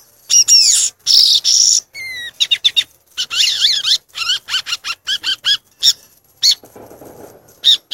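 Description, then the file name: Violaceous euphonia song, a busy medley of high, sharp chirps, slurred whistles and buzzy notes in quick bursts, with brief pauses and a soft low rustle near the end. "canto do gaturamo verdadeiro"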